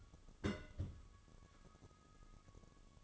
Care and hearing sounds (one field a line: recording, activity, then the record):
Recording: daily activity, microphone in the room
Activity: place on stove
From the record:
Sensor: 4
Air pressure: 1008.8 hPa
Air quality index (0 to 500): 118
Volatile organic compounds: 1 ppm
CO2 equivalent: 867 ppm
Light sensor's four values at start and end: 10/22/9/8 and 10/22/9/8